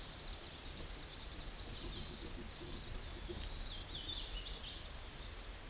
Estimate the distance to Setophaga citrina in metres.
about 65 m